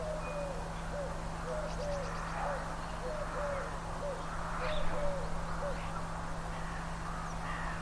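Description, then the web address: Bird calls: short clear notes repeated quickly over a constant low hum, with faint higher chirps scattered through. "cianscape birddata Deverinetal 2025 Bird Only"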